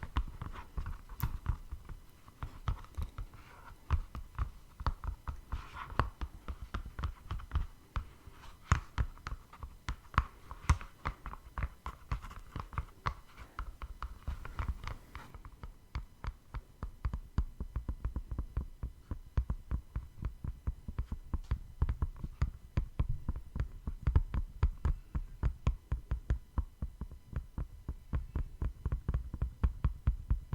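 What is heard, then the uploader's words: Steady tapping with no voices, a dense run of quick, irregular taps that keeps up for the whole half minute. The taps are sharp and clicky over a low thud, and around halfway the tone shifts duller as the top end drops away. Tapping No Talking.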